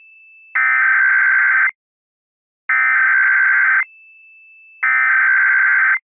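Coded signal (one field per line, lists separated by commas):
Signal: Emergency Alert System (SAME) tones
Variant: header bursts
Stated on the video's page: Fictional EAS scenario, remastered, with voice actors.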